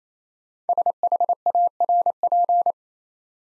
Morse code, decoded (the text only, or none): SHARP